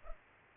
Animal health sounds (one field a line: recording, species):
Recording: mosquito wingbeat signal from an infrared sensor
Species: Culex pipiens